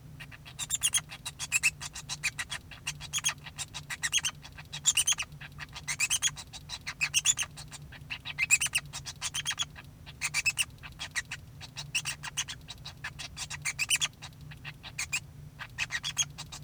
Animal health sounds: song of a male Bengalese finch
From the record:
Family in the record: son of father 2

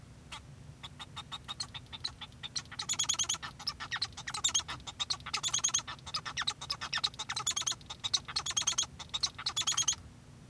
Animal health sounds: song of a male Bengalese finch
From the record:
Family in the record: son of father 1

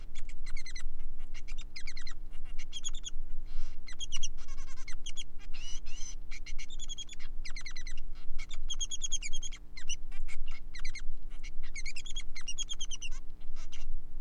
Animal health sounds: song of a male Bengalese finch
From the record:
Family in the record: son of father 3

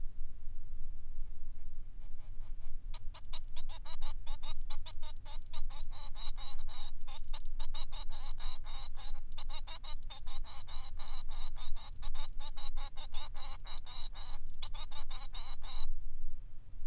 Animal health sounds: song of a male Bengalese finch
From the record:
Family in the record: son of father 3

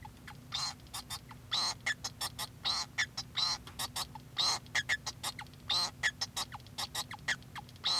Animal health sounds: song of a male Bengalese finch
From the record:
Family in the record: son of father 2

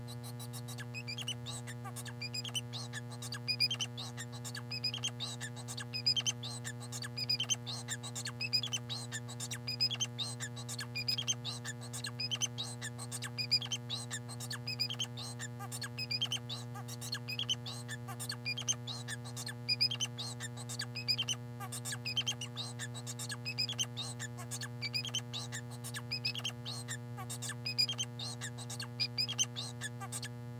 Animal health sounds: song of a male Bengalese finch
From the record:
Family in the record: son of father 4

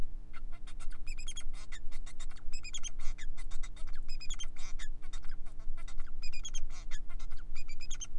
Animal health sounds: song of a male Bengalese finch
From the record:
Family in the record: son of father 4

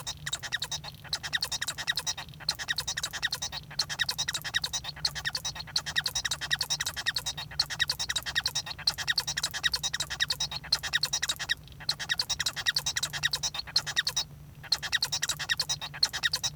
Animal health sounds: song of a male Bengalese finch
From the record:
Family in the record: son of father 1

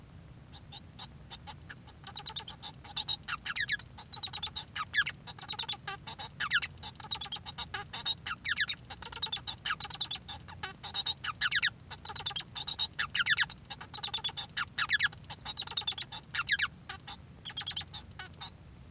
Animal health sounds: song of a male Bengalese finch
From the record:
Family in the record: son of father 1

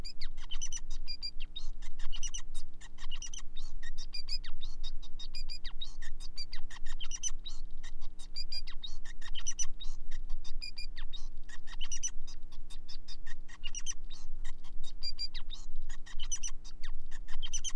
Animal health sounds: song of a male Bengalese finch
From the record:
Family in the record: son of father 5

